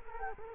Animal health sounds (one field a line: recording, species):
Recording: mosquito wingbeat signal from an infrared sensor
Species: Culex quinquefasciatus